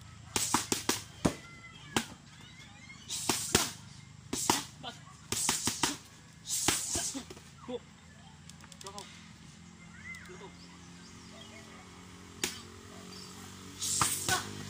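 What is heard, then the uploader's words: Boxing training with sharp slapping punches in quick bursts, then a quieter stretch of voices over a low steady hum before more hits. Boxing training with my boy.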